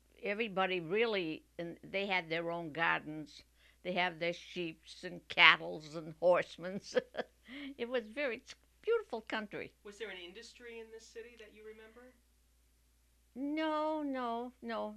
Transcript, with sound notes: everybody really, they had their own gardens. They had their sheep and cattle and horsemens. ( she laughs ) It was very, it's a beautiful country.
Was there an industry in this city that you remember?
No, no, no.